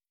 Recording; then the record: hydrophone in a shrimp aquaculture tank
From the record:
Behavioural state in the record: stressed